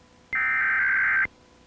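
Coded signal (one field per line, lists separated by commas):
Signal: Emergency Alert System (SAME) tones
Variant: header bursts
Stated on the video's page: Broadcast test aired on a local Louisville TV station in 2007.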